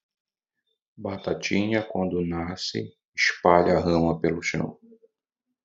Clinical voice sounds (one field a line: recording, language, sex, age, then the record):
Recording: short text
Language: Brazilian Portuguese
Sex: male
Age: 40 to 49 years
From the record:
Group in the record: control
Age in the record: 42 years